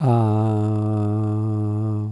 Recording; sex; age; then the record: sustained vowel /a/; male; 60 to 69 years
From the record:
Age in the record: 62 years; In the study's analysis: included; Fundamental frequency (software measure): 107 Hz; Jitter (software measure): 0.28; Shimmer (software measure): 0.52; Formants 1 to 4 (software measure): 901 Hz, 1238 Hz, 2665 Hz, 3621 Hz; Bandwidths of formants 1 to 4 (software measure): 280 Hz, 255 Hz, 308 Hz, 453 Hz